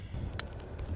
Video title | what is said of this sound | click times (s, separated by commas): Road Trips Season 1 Highlights - Realtree Road Trips | It's got what's called a night latch on it. You can hear it click when it gets | 0.4 s